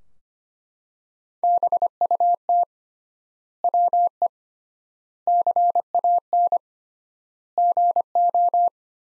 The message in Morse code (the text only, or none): BUT WE CAN GO